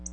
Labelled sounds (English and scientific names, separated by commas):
Black-throated Blue Warbler (Setophaga caerulescens) flight call